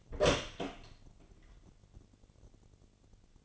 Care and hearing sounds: daily activity, microphone in the room; open door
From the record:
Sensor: 4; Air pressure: 1008.5 hPa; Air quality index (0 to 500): 170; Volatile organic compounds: 4 ppm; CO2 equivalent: 1703 ppm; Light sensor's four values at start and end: 25/79/30/29 and 23/73/27/26

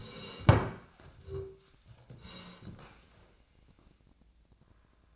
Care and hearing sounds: daily activity, microphone in the room; sit down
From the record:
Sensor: 2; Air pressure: 1012.1 hPa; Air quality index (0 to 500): 158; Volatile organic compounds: 2 ppm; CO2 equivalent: 1162 ppm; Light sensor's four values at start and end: 42/100/45/51 and 69/156/72/83

